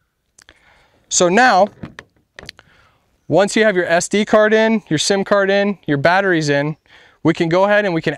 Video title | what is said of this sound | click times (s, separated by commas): Tactacam™ REVEAL X-Pro Cellular Trail Camera - Getting Started Reveal X Pro Cell Camera | push it in until it clicks and that SD card should sit flush within | 0.4 s, 0.5 s